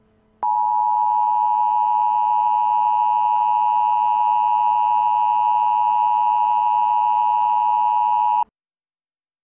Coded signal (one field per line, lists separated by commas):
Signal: Emergency Alert System (SAME) tones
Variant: 853 and 960 Hz attention tone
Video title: EAS Scenario: The Next Big One